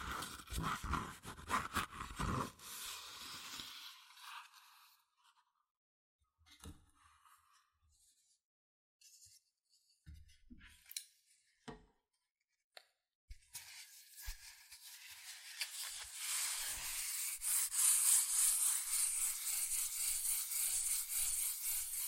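Fast cardboard and paper scratching and tapping, dense rustling at first, then sparse taps mid-clip, then steady bright scraping in the last seconds.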